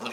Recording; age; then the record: pig call; piglet (1 to 25 days)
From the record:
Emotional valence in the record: negative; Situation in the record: fighting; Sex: male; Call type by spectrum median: low-frequency call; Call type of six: mixed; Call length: 0.13 s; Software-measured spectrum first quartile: 626 Hz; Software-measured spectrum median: 1399 Hz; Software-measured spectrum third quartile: 3119 Hz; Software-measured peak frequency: 230 Hz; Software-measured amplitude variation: 95 dB a second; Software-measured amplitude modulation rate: 11.6 a second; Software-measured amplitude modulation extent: 8.2 dB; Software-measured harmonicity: -0.1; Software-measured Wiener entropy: -1.50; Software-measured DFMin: 432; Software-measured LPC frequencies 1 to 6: 566, 1227, 2650, 3347, 4081, 5105 Hz